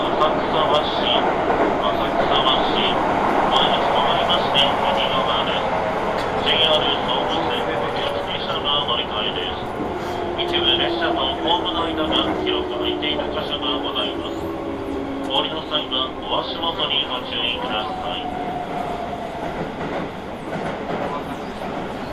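Inside a Hokuso Railway train running through to the Toei Asakusa Line, a steady rumble and whine carry on beneath murmured voices and occasional squeals.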